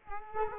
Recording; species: mosquito wingbeat signal from an infrared sensor; Culex quinquefasciatus